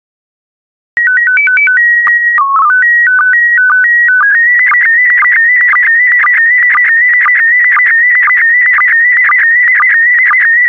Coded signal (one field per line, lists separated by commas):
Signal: SSTV (slow-scan television)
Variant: PD 120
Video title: 92061 Scotland SSTV PD120